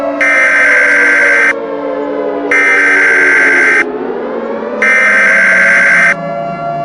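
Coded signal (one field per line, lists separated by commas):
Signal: Emergency Alert System (SAME) tones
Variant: header bursts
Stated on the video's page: Fictional EAS scenario.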